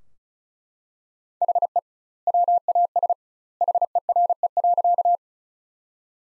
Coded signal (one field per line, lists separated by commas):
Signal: Morse code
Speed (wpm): 36 wpm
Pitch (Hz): 700 Hz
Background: none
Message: HE WAS HERE.